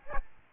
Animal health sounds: mosquito wingbeat signal from an infrared sensor; Aedes albopictus

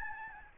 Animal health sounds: mosquito wingbeat signal from an infrared sensor; Aedes albopictus

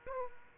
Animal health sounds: mosquito wingbeat signal from an infrared sensor; Aedes aegypti

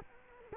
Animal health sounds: mosquito wingbeat signal from an infrared sensor; Culex quinquefasciatus

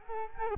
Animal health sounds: mosquito wingbeat signal from an infrared sensor; Culex quinquefasciatus

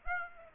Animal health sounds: mosquito wingbeat signal from an infrared sensor; Aedes aegypti

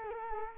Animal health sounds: mosquito wingbeat signal from an infrared sensor; Culex quinquefasciatus

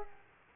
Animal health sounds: mosquito wingbeat signal from an infrared sensor; Aedes aegypti

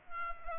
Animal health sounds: mosquito wingbeat signal from an infrared sensor; Culex pipiens

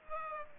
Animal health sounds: mosquito wingbeat signal from an infrared sensor; Aedes aegypti

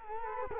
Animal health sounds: mosquito wingbeat signal from an infrared sensor; Culex quinquefasciatus

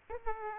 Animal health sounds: mosquito wingbeat signal from an infrared sensor; Aedes aegypti

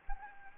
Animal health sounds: mosquito wingbeat signal from an infrared sensor; Anopheles gambiae

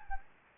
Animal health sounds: mosquito wingbeat signal from an infrared sensor; Anopheles gambiae

